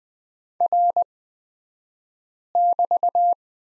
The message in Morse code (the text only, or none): R<BT>